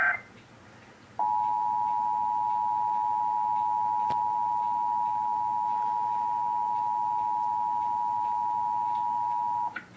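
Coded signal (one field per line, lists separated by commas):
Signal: Emergency Alert System (SAME) tones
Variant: 853 and 960 Hz attention tone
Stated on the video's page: Severe Thunderstorm Warning from the weather service office in Caribou, Maine, for northern Aroostook County, with EAS activation requested.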